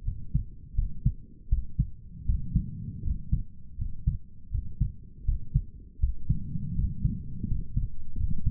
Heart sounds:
heart sounds by stethoscope; 81 bpm
0.03 s: heartbeat
0.74 s: heartbeat
1.48 s: heartbeat
2.25 s: heartbeat
3.03 s: heartbeat
3.77 s: heartbeat
4.50 s: heartbeat
5.24 s: heartbeat
5.99 s: heartbeat
6.74 s: heartbeat
7.47 s: heartbeat
8.16 s: heartbeat
From the record:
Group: healthy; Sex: male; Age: 23 years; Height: 178 cm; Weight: 96.6 kg

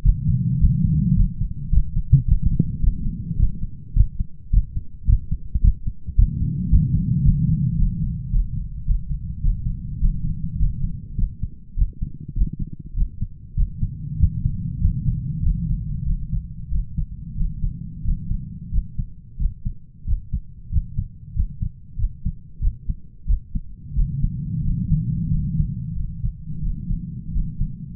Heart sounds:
heart sounds by stethoscope; 99 bpm
0.04 s: heartbeat
0.60 s: heartbeat
1.16 s: heartbeat
1.71 s: heartbeat
2.27 s: heartbeat
2.82 s: heartbeat
3.38 s: heartbeat
3.95 s: heartbeat
4.52 s: heartbeat
5.07 s: heartbeat
5.62 s: heartbeat
6.17 s: heartbeat
6.70 s: heartbeat
7.24 s: heartbeat
7.77 s: heartbeat
8.31 s: heartbeat
8.86 s: heartbeat
9.42 s: heartbeat
10.00 s: heartbeat
10.58 s: heartbeat
11.17 s: heartbeat
11.76 s: heartbeat
12.36 s: heartbeat
12.96 s: heartbeat
13.56 s: heartbeat
14.18 s: heartbeat
14.80 s: heartbeat
15.42 s: heartbeat
16.05 s: heartbeat
16.70 s: heartbeat
17.36 s: heartbeat
18.04 s: heartbeat
18.71 s: heartbeat
19.38 s: heartbeat
20.06 s: heartbeat
20.71 s: heartbeat
21.35 s: heartbeat
21.98 s: heartbeat
22.61 s: heartbeat
23.27 s: heartbeat
23.95 s: heartbeat
24.63 s: heartbeat
25.30 s: heartbeat
25.94 s: heartbeat
26.61 s: heartbeat
27.32 s: heartbeat
From the record:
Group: healthy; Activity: rest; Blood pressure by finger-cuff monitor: 134/79 mmHg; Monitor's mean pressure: 95 mmHg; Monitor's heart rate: 104 bpm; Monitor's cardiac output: 9.1 L/min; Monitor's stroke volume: 88 mL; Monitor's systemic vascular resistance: 770 dyn s/cm5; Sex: male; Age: 33 years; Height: 179 cm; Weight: 80.4 kg

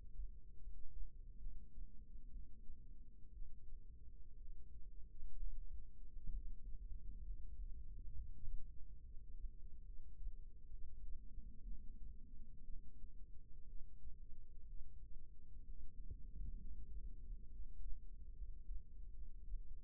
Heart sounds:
heart sounds by microphone in the right ear; 65 bpm
0.57 s: heartbeat
1.38 s: heartbeat
2.30 s: heartbeat
3.33 s: heartbeat
4.36 s: heartbeat
5.35 s: heartbeat
6.30 s: heartbeat
7.22 s: heartbeat
8.12 s: heartbeat
9.01 s: heartbeat
9.83 s: heartbeat
10.68 s: heartbeat
11.62 s: heartbeat
12.64 s: heartbeat
13.65 s: heartbeat
14.65 s: heartbeat
15.62 s: heartbeat
16.57 s: heartbeat
17.49 s: heartbeat
18.33 s: heartbeat
19.12 s: heartbeat
From the record:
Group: healthy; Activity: cold pressor test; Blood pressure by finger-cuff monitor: 147/69 mmHg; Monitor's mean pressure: 95 mmHg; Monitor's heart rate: 65 bpm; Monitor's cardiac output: 6.7 L/min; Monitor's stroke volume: 106 mL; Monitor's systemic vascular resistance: 1060 dyn s/cm5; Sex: female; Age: 37 years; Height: 168 cm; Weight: 70 kg

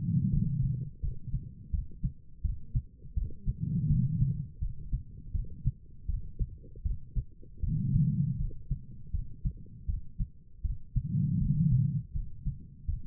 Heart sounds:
heart sounds by stethoscope; 81 bpm
0.31 s: heartbeat
1.01 s: heartbeat
1.72 s: heartbeat
2.42 s: heartbeat
3.15 s: heartbeat
3.88 s: heartbeat
4.60 s: heartbeat
5.33 s: heartbeat
6.07 s: heartbeat
6.83 s: heartbeat
7.61 s: heartbeat
8.38 s: heartbeat
9.12 s: heartbeat
9.87 s: heartbeat
10.63 s: heartbeat
11.39 s: heartbeat
12.13 s: heartbeat
12.86 s: heartbeat
From the record:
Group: healthy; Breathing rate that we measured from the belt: 16 breaths a minute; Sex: female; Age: 51 years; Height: 162 cm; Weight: 70.04 kg

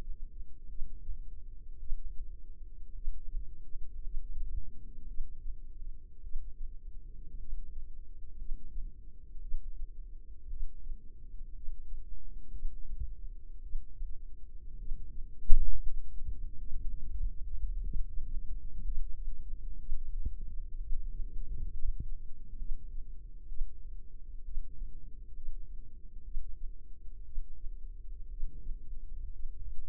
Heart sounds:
heart sounds by microphone in the left ear; 59 bpm
0.67 s: heartbeat
1.78 s: heartbeat
2.93 s: heartbeat
4.02 s: heartbeat
5.06 s: heartbeat
6.22 s: heartbeat
7.38 s: heartbeat
8.37 s: heartbeat
9.40 s: heartbeat
10.48 s: heartbeat
11.53 s: heartbeat
12.50 s: heartbeat
13.61 s: heartbeat
14.77 s: heartbeat
15.82 s: heartbeat
16.80 s: heartbeat
17.82 s: heartbeat
18.83 s: heartbeat
19.78 s: heartbeat
20.78 s: heartbeat
21.71 s: heartbeat
22.57 s: heartbeat
23.47 s: heartbeat
24.43 s: heartbeat
25.34 s: heartbeat
26.23 s: heartbeat
27.24 s: heartbeat
28.29 s: heartbeat
29.30 s: heartbeat
From the record:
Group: healthy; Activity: rest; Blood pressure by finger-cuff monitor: 91/63 mmHg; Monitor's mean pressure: 72 mmHg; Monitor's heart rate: 59 bpm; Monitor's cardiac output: 4.2 L/min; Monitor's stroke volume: 75 mL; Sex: female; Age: 36 years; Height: 163 cm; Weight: 88 kg

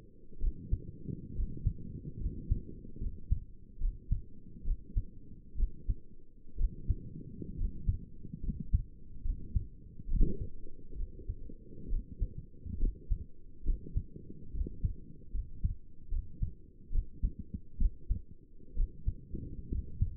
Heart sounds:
heart sounds by stethoscope; 68 bpm
0.41 s: heartbeat
1.36 s: heartbeat
2.20 s: heartbeat
3.01 s: heartbeat
3.81 s: heartbeat
4.65 s: heartbeat
5.58 s: heartbeat
6.58 s: heartbeat
7.58 s: heartbeat
8.43 s: heartbeat
9.24 s: heartbeat
10.09 s: heartbeat
10.97 s: heartbeat
11.90 s: heartbeat
12.80 s: heartbeat
13.66 s: heartbeat
14.54 s: heartbeat
15.34 s: heartbeat
16.12 s: heartbeat
16.93 s: heartbeat
17.80 s: heartbeat
18.77 s: heartbeat
19.71 s: heartbeat
From the record:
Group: healthy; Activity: rest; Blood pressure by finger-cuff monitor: 97/65 mmHg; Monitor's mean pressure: 77 mmHg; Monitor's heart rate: 69 bpm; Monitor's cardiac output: 6.3 L/min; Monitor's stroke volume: 90 mL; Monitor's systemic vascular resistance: 900 dyn s/cm5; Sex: male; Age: 22 years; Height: 181 cm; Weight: 79 kg

